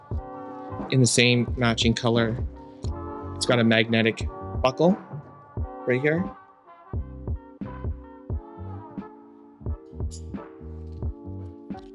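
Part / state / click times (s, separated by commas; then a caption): magnetic buckle on a backpack accessory strap / not seated / none. Someone talks while handling the magnetic buckle on a matching-color accessory strap for a WANDRD PRVKE Lite camera backpack in Dallol Yellow, over background music with a regular beat. The buckle has not clicked shut yet.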